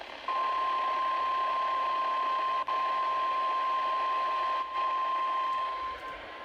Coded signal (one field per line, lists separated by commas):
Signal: Emergency Alert System (SAME) tones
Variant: 1050 Hz attention tone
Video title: Usual Weeklies (11/23/22) (EAS #474 - 478)